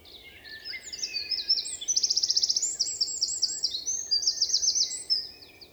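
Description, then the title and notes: Eurasian wren singing one long, energetic phrase of high tinkling notes that run into rapid rattling trills, then fade out. Recorded 27 March 2020 in Val Maravel with a Nagra Seven and MKH8040 microphones in stereo; forest singer whose vigorous, nervous song asserts its presence to any potential rival. "UN VENT DE TROGLODYTE. 27 mars 2020-Val Maravel - Un Troglodyte mignon (Troglodytes troglodytes) affirme par son chant vigoureux sa présence à tout concurrent potentiel.Chanteur de la forêt son chant nerveux est toujours impressionnant de puissance"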